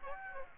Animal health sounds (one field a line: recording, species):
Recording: mosquito wingbeat signal from an infrared sensor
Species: Aedes aegypti